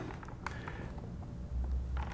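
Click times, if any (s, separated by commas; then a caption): 0.5 s. A 3 mm hex key turns against the hex screw on one side of an Iconic Parts GPS mount bracket for a Garmin Zumo XT on a Ducati Multistrada V4S, trying to loosen it. Small metallic ticks and scrapes are heard, with a sharp snap at 0.5 s as the screw strips out. A low rumble follows near the end.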